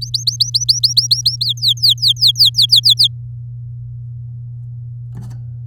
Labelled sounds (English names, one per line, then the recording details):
Domestic Canary song
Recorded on 9 May 2018 at 08:16
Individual llb16